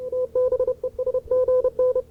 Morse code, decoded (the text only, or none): TBES GN